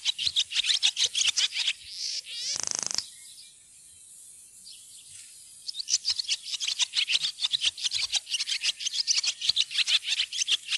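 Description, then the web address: Barn swallow twittering song: fast runs of chattering high notes, a brief dry rattle, a pause, then more rapid twittering. "fuglelyder laavesvale"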